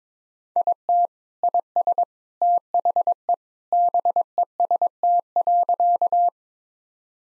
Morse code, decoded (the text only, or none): IT IS THE BEST.